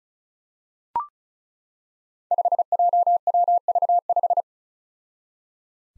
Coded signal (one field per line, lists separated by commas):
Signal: Morse code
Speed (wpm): 36 wpm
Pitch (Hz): 700 Hz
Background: none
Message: 5JWV5